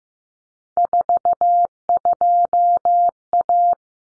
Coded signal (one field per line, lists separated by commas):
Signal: Morse code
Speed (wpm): 15 wpm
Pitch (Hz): 700 Hz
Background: none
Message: 42A